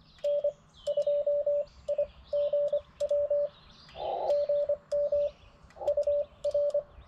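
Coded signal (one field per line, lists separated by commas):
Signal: Morse code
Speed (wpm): 20 wpm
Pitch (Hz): 580 Hz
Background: none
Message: N2IGW GM UR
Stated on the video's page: CW POTA activation from a rare park on 40m and 80m with a Xiegu G90, keyed with a BaMaTech TP-III paddle.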